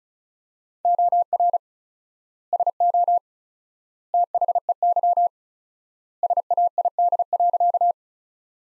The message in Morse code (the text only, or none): OR SO THEY SAID.